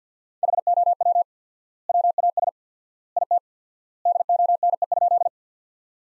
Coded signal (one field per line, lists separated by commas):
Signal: Morse code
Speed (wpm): 50 wpm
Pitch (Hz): 700 Hz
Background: none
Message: HOW WAS IT DONE?